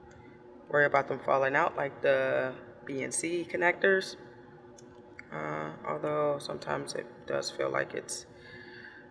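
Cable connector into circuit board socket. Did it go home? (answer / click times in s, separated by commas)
yes / 5.2 s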